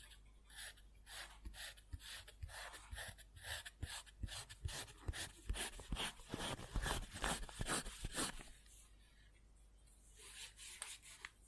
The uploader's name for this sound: Scribbling On Paper